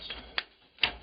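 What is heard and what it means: A PC case fan on rubber isolators is pushed into the plastic snap-in fan mounts of an Antec case. Two sharp clicks are heard at 0.4 and 0.8 seconds. The fan snaps in and is secured, with no drilling needed.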